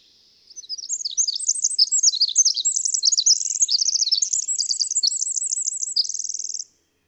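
High-pitched bird song, a long jumble of squeaky warbled notes that gives way to a rapid repeated trill, set against a silent background.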